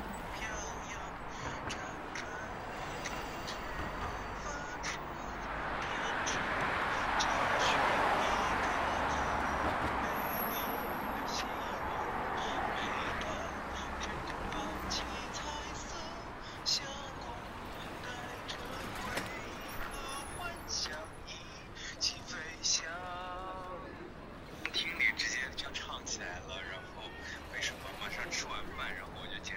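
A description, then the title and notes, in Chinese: City sounds: a steady street hum with a vehicle swelling past between about six and twelve seconds. Voices come through in snatches, clearest near twenty-three seconds, alongside scattered clicks and knocks that grow busier toward the end. 坐在300快外晒太阳｜城市声音。很喜欢300快外公交，坐在二层的第一排，被太阳从头到脚晒着，很浪漫。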